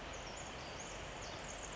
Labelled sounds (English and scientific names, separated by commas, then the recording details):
Pacific Wren (Troglodytes pacificus)
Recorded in Sonoma County, California